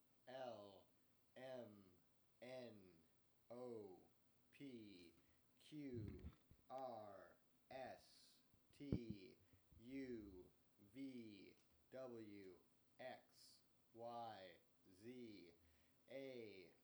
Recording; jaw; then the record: letters of the alphabet, spoken; free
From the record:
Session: first day, before the bite bar